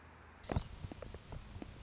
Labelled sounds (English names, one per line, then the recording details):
Anna's Hummingbird
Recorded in Sonoma County, California